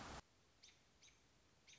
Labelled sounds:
American Robin (Turdus migratorius)
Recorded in Sonoma County, California

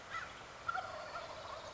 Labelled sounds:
Wild Turkey (Meleagris gallopavo)
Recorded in Sonoma County, California

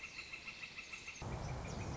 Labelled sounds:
Northern Flicker (Colaptes auratus)
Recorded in Sonoma County, California

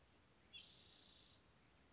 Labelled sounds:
Spotted Towhee (Pipilo maculatus)
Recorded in Sonoma County, California

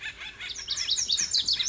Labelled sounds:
Pacific Wren (Troglodytes pacificus)
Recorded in Sonoma County, California

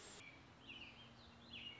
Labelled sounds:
Warbling Vireo (Vireo gilvus)
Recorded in Sonoma County, California

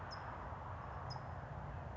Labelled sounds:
California Towhee (Melozone crissalis)
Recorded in Sonoma County, California

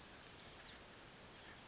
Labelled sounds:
Oak Titmouse (Baeolophus inornatus)
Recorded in Sonoma County, California

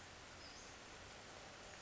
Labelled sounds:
Western Flycatcher (Empidonax difficilis)
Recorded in Sonoma County, California

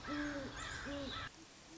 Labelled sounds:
Great Horned Owl (Bubo virginianus)
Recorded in Sonoma County, California

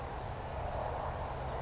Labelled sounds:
California Towhee (Melozone crissalis)
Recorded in Sonoma County, California

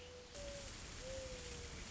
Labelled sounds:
Mourning Dove (Zenaida macroura)
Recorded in Sonoma County, California

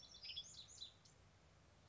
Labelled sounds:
Western Tanager (Piranga ludoviciana)
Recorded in Sonoma County, California

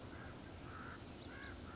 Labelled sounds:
Common Raven (Corvus corax)
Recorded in Sonoma County, California

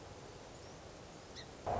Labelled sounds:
Song Sparrow (Melospiza melodia)
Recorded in Sonoma County, California

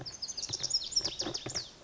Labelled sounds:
Lazuli Bunting (Passerina amoena)
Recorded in Sonoma County, California

